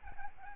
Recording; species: mosquito wingbeat signal from an infrared sensor; Aedes albopictus